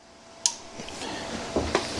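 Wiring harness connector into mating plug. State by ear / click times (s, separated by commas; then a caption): seated / 0.5 s. A plastic wiring harness connector, its contacts greased, is pushed into its mating plug during a Torp TC1000 (17 kW) install on a Surron Ultra Bee. A sharp click at 0.5 s marks the connector seating fully, followed by a faint tick near 0.9 s and a louder knock near 1.8 s over low background noise.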